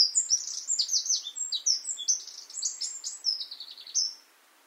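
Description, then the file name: Eurasian wren song: a rapid jumble of high, sharp notes and short trills pouring out without a break for about four seconds. "Troglodytes troglodytes"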